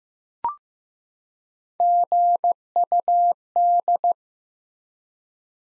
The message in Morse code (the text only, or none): GUD